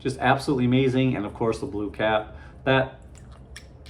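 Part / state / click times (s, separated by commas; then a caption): cap onto a cologne bottle / seated / 3.6 s. Someone talks while pressing the blue cap onto a full Zaharoff Business Over Pleasure cologne bottle. The cap locks onto the bottle neck with a sharp click at 3.6 s, with fainter ticks around it, and is seated.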